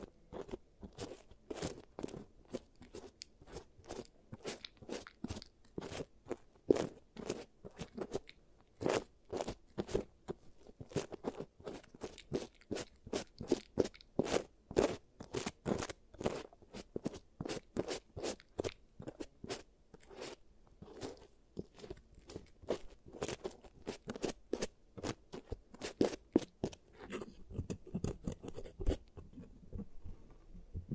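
An ASMR giant teeth treatment, built from dense, rapid crunching and scraping clicks that come several times a second for the whole half minute. Each click is sharp and bright over a duller body, with brief pauses and a slightly softer stretch near the end.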